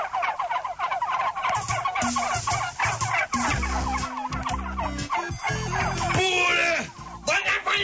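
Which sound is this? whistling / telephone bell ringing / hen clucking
hen clucking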